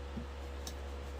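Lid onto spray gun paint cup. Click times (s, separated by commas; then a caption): 0.7 s. A lid is pressed onto a plastic spray gun paint cup and snaps into place with a short, sharp click at 0.7 seconds, confirming it is seated. The click stands out over a steady low hum, and no one speaks.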